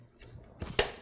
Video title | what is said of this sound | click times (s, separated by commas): Live BEST $700 Computer Build | One corner, other corner, you will hear that click in. | 0.8 s